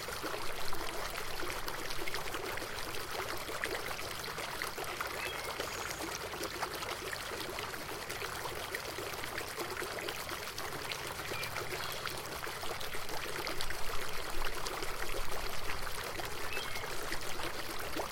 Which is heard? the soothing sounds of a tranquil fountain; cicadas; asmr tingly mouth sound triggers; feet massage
the soothing sounds of a tranquil fountain